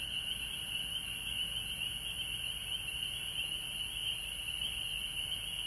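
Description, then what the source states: Frog chorus, continuous high-pitched trilling from many callers blending into a steady drone, with a thin shrill band higher still. Recorded at home in Georgia on March 19, 2020.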